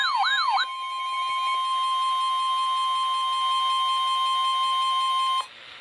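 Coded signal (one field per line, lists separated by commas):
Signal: Emergency Alert System (SAME) tones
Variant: 1050 Hz attention tone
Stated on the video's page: Three flood warnings from NWS St. Louis on NOAA Weather Radio station KDO89 St. Louis, Missouri.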